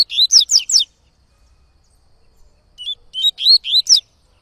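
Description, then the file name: Yellow-bellied Seedeater singing two rapid phrases of ringing, upward-sweeping whistles, several notes each, separated by about two seconds of silence. Singing a lot; tui-tui song style. "Coleiro Baiano Cantando Muito Canto Tui Tui"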